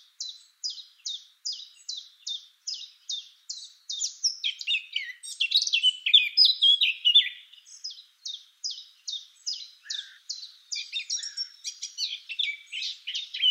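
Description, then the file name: Eurasian blackcap song: a run of sharp repeated descending notes, then a rich scratchy warble, then the repeated notes resume. "Sylvia atricapilla"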